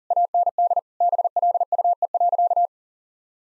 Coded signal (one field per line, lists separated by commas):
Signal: Morse code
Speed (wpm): 40 wpm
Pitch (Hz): 700 Hz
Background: none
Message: AND BLUE.